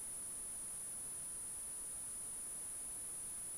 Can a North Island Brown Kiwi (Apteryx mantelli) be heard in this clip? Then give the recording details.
no. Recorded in New Zealand on 14 February 2012. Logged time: 02:13. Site DH65